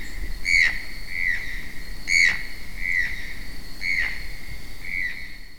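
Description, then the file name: Channel-billed toucan calls: rough, yelping croaks alternating in quick succession, as if two birds answer each other, over a quiet background. A pair, recorded in São Paulo. "Ramphastos-vitellinus-casal-Pedro Barros-SP. ASilveira"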